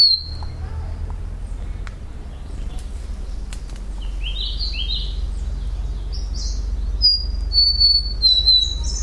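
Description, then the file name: Large-billed leaf warbler singing high, clear whistles that fall in pitch, preceded by a run of quick, stepped chirping notes, set against constant low background noise. "warbler-large-billed-leaf -Phylloscopus-magnirostris"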